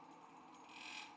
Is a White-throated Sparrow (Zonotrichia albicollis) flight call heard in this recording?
no